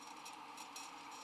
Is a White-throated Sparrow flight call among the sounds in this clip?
no